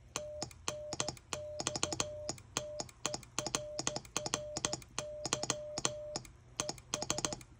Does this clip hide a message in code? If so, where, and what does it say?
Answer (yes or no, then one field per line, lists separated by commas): yes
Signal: Morse code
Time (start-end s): 0.2-7.3 s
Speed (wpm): 14 wpm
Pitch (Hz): 600 Hz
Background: none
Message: TNX TERRY ES